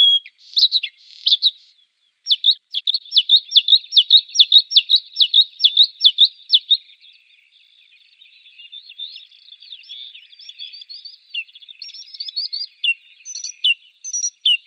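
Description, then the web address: Bluethroat song: a few notes, then a steady run of repeated sharp notes, shifting into soft, varied chattering and high squeaky phrases. "Schulze Peter Bluethroat song"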